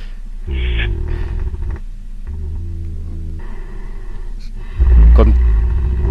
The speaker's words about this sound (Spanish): Vamos a escuchar un sonido, si te parece, de los osos. Esto es un oso roncando.